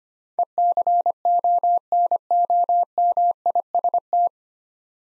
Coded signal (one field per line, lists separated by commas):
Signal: Morse code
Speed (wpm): 25 wpm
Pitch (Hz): 700 Hz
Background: none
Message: ECONOMIST